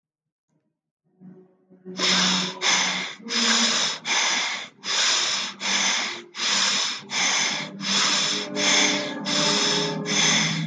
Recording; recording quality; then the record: shallow breathing; moderate, slight background noise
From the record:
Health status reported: healthy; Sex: male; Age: 25 years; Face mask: not worn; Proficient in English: yes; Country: India